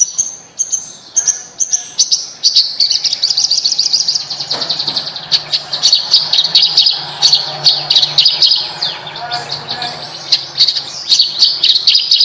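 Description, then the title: Bird song, a busy chatter of high chirps and quick trills, starting with spaced notes and becoming a steady rapid stream. "Kicau Burung Yoi"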